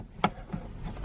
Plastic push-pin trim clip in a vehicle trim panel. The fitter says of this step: And when you go under, you're going to feel when you hit that plastic, and that sort of pops that up.